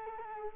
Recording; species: mosquito wingbeat signal from an infrared sensor; Culex quinquefasciatus